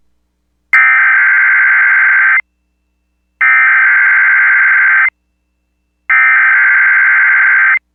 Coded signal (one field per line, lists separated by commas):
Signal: Emergency Alert System (SAME) tones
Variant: header bursts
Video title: EAS Tornado Watch #16 Austin, Minnesota and Mason City, Iowa NOAA Weather Radio KXI68 (KCHA/KCZE)